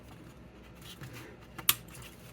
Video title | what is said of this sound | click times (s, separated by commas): Chuck's Reviews Transformers Studio Series 86 Sludge | hear that snap right there using your thumb push that tab in | 1.7 s